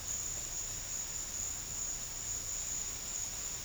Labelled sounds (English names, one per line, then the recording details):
none
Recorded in dense forest near Puerto Asís, Putumayo, Colombia, on 13 March 2025 at 14:00
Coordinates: 0.484, -76.325
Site G045